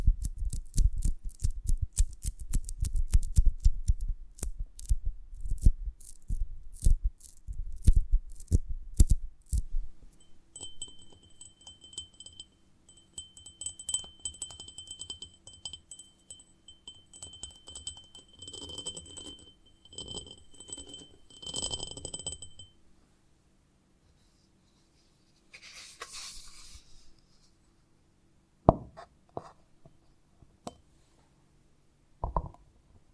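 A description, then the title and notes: ASMR handling of a honeycomb on a branch opens with ten seconds of dense, loud crackling and snapping. Softer scratchy rustles follow over a low hum, with faint steady high ringing tones until about 23 seconds. A brief hiss and two sharp taps end it. ASMR of a Honeycomb on Branch (No Talking).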